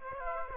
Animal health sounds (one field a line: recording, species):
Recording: mosquito wingbeat signal from an infrared sensor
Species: Aedes aegypti